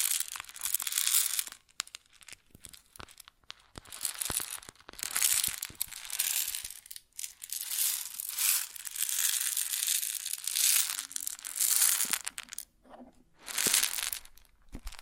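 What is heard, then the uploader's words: Grain sounds pour and rustle in dense, crackling bursts, swelling and fading every few seconds with short gaps and a faint low tone near twelve seconds. ASMR Grain Sounds (No Talking).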